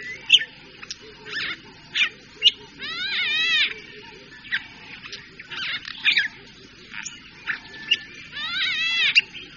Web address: chant franck bruneliere choucador a oreillons bleus